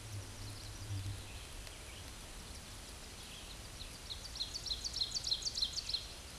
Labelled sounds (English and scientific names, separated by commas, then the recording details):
Ovenbird (Seiurus aurocapilla) song
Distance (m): 50 m
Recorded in a Pennsylvania forest on 17 May 2023 at 13:00
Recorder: AudioMoth, point grid1_31_low
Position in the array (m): 190 m, 65 m